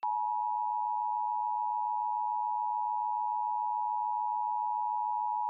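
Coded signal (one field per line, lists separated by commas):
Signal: Emergency Alert System (SAME) tones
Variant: 853 and 960 Hz attention tone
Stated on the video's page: Tornado warning alert aired on a TV station in Clearfield.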